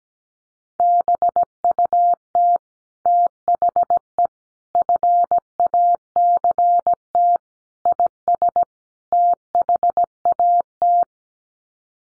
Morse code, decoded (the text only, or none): BUT THE FACT IS THAT